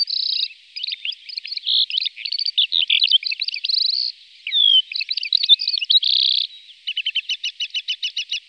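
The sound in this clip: Calandra lark singing a jumbled stream of quick chirps, whistled slurs and harsh buzzes, ending with a rapid rhythmic run of repeated notes.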